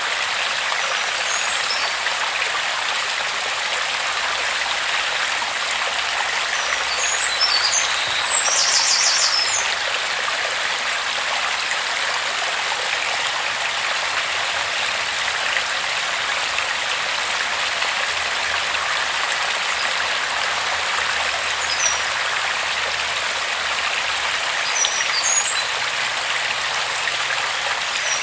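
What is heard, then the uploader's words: A creek flows over stones in a steady, dense hiss of water, bright and unchanging, with faint chirps near nine and twenty-five seconds. HIDDEN CREEK. A tiny well brings crystal clear water right from the mountains into our hands. The water finds its way through stones and flows into a little creek, that meanders through a little forest. Guarded by oak trees.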